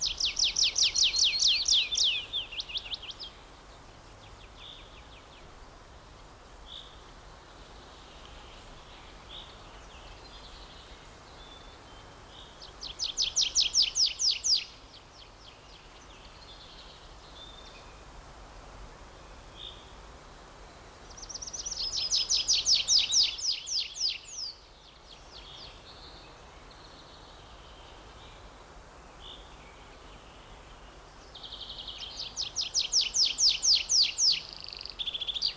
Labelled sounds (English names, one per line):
Tree Pipit